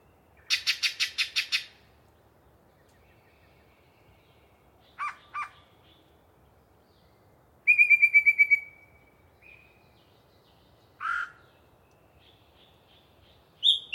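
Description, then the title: Yellow-breasted chat song: a loud rattling series, two harsh chucks, a fast chatter of notes, then single clucks and a high note, all separated by pauses. One particularly chatty bird giving a long pre-dawn song session in deciduous cover. "A Very Chatty Yellow-breasted Chat"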